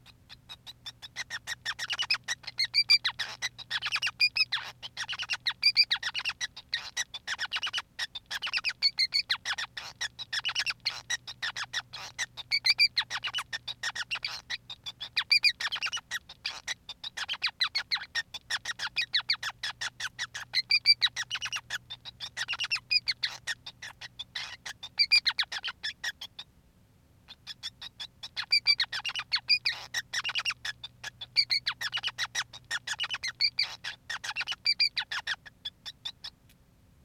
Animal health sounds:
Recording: song of a male Bengalese finch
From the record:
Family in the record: son of father 5

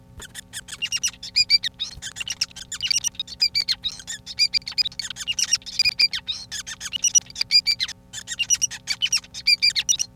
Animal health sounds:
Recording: song of a male Bengalese finch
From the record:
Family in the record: son of father 5

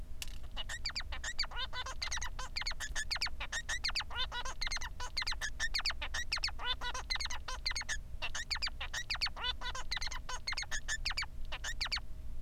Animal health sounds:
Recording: song of a male Bengalese finch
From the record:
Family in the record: son of father 3

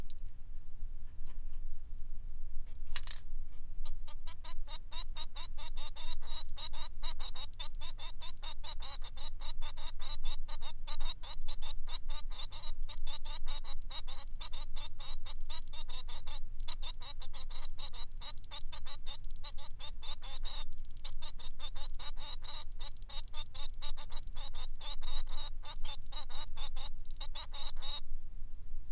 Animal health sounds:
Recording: song of a male Bengalese finch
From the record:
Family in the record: son of father 3

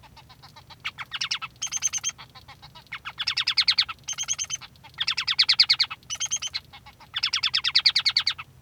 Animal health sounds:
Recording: song of a male Bengalese finch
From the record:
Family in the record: son of father 3

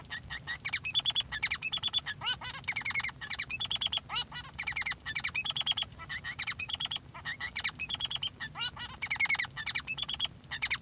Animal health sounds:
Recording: song of a male Bengalese finch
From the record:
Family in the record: son of father 3

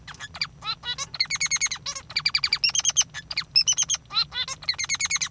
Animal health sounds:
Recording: song of a male Bengalese finch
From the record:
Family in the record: father 3

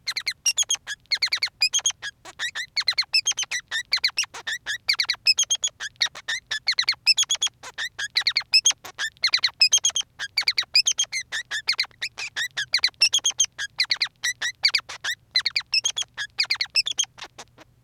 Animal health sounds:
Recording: song of a male Bengalese finch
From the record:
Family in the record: son of father 3

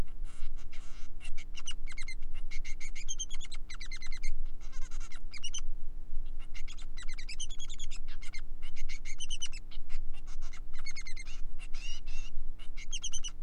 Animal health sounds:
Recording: song of a male Bengalese finch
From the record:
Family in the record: son of father 3

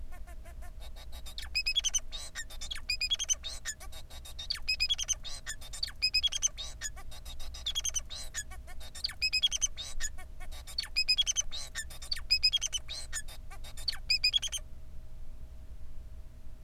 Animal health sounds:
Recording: song of a male Bengalese finch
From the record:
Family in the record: son of father 4

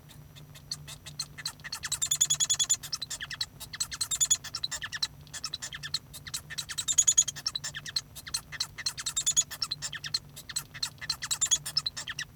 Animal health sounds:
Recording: song of a male Bengalese finch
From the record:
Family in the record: son of father 1

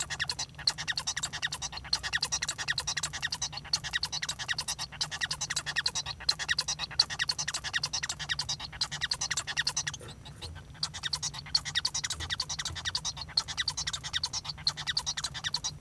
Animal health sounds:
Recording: song of a male Bengalese finch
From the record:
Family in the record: son of father 1

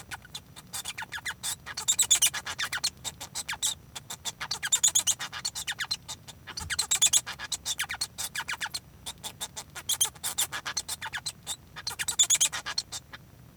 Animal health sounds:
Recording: song of a male Bengalese finch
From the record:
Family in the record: son of father 1

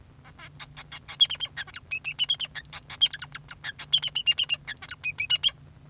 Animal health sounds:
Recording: song of a male Bengalese finch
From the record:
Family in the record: son of father 2

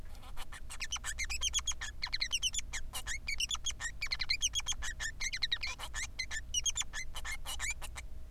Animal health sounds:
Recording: song of a male Bengalese finch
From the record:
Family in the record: son of father 3

